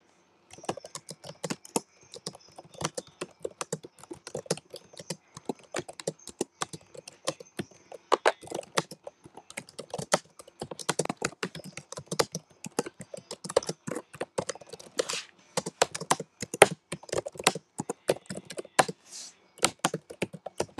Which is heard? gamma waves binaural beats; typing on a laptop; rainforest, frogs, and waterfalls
typing on a laptop